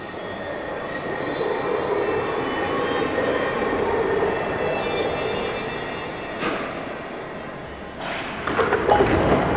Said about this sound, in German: Ich rufe, halt, ich will aussteigen. Aber der Zug hält nicht.